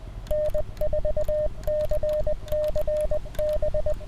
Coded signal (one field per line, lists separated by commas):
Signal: Morse code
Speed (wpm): 21 wpm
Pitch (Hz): 600 Hz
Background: none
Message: N4CCB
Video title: New England QSO Party 2016 from Bobcat Ridge